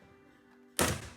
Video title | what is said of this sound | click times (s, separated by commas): Best Rock Guards Corvette C7 Z06 ACS Install and Review | Heard that one snap. | 0.8 s